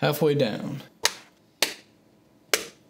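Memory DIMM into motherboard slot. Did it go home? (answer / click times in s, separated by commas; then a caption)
yes / 1.6 s, 2.5 s. A memory DIMM is pressed firmly into its motherboard slot in a 2019 Mac Pro until the latch clicks, and it is seated. Someone talks at the start, then there is a sharp transient near 1.1 s, followed by the latch clicks at 1.6 s and 2.5 s.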